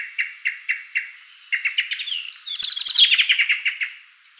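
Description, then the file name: Common blackbird giving sharp clicking chinks, four spaced notes then a rapid accelerating rattle of chattering calls that slows and fades. "Turdus merula"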